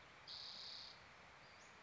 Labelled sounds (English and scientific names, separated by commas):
Spotted Towhee (Pipilo maculatus)